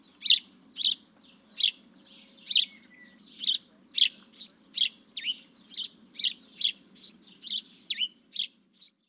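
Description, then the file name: House sparrow calling with loud chirps that grow quicker and slightly higher toward the end, over a constant low rumbling hum. "Passer domesticus"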